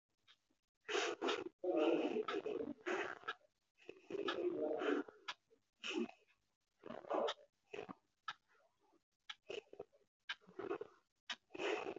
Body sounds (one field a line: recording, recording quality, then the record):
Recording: shallow breathing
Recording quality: excellent, no background noise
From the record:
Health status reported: recovered from COVID-19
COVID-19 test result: negative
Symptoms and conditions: breathing difficulty, hypertension, ischaemic heart disease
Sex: female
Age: 53 years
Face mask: worn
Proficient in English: yes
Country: India